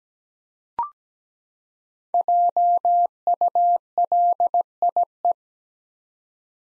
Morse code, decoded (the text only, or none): JULIE